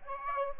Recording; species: mosquito wingbeat signal from an infrared sensor; Aedes aegypti